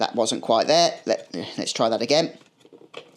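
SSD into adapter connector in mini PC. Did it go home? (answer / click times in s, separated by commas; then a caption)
yes / 3.0 s. Someone talks during the first 2.5 seconds as an SSD is slid through an adapter into the connector of a Geekom A5 mini PC on a second attempt. A single short click is heard at 3.0 s as the SSD seats and is plugged in.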